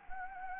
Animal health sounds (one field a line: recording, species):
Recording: mosquito wingbeat signal from an infrared sensor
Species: Anopheles gambiae